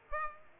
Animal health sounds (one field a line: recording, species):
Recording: mosquito wingbeat signal from an infrared sensor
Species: Aedes aegypti